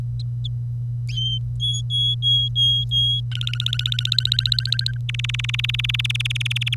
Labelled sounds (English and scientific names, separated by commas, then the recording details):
Domestic Canary (Serinus canaria) song
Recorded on 25 April 2018 at 07:31
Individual llb3